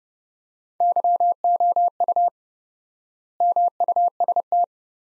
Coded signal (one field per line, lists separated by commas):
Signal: Morse code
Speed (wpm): 30 wpm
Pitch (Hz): 700 Hz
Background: none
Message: YOU MUST